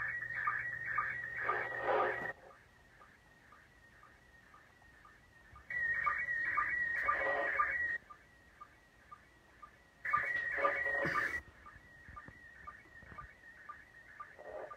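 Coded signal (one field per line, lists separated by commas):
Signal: SSTV (slow-scan television)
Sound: warbling whistle-like tone with a regular short low chirp about twice a second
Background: bursts of radio hiss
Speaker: réception d'une image de l'ISS toujours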